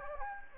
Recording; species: mosquito wingbeat signal from an infrared sensor; Anopheles gambiae